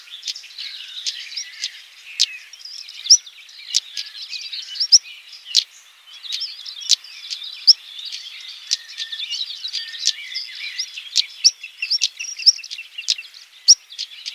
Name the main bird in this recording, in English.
European Stonechat